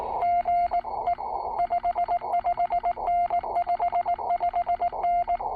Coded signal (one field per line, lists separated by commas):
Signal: Morse code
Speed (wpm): 18 wpm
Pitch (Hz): 690 Hz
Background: none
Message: GE 55N 55N